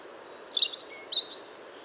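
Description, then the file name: European robin song: two short, high twittering bursts about half a second apart, thin and sweet, over a faint low background hiss. "Erithacus rubecula"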